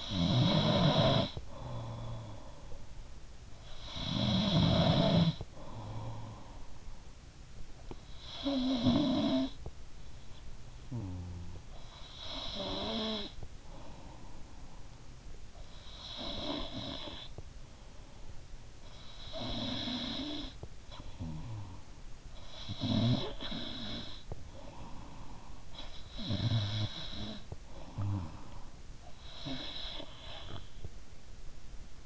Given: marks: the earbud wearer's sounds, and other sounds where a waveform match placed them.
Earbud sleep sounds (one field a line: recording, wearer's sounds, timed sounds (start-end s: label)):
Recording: sounds in sleep by an in-ear microphone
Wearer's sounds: snoring breath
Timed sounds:
0.00-7.51 s: snoring breath
7.51-31.10 s: snoring breath